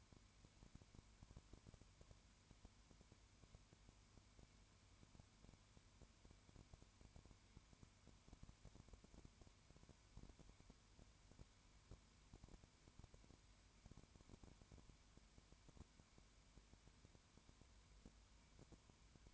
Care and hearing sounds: daily activity, microphone in the room; no activity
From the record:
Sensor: 2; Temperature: 20.0 degrees Celsius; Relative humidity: 32.1%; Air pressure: 1001.1 hPa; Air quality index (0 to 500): 55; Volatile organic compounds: 1 ppm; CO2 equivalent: 603 ppm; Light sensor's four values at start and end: 2/3/2/2 and 2/3/2/2

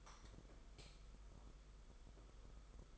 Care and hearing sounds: daily activity, microphone in the room; light on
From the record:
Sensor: 5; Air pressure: 991.2 hPa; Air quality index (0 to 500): 107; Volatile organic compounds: 23 ppm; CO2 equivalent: 2786 ppm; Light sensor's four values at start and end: 18/43/17/19 and 19/48/19/21

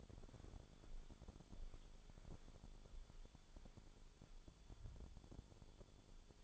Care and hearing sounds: daily activity, microphone in the room; walk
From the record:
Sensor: 5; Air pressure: 1015.4 hPa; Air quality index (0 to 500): 173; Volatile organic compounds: 6 ppm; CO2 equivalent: 1879 ppm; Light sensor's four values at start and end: 31/72/28/26 and 33/77/30/28

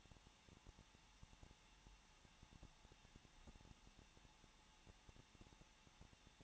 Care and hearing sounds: daily activity, microphone in the room; no activity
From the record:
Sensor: 1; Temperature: 20.1 degrees Celsius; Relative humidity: 39.3%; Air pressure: 1006.4 hPa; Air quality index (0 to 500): 218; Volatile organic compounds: 80 ppm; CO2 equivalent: 3605 ppm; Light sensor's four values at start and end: 1/2/1/1 and 1/2/1/1

